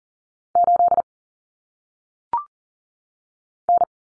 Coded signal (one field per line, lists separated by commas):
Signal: Morse code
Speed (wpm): 40 wpm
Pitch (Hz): 700 Hz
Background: none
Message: 8 N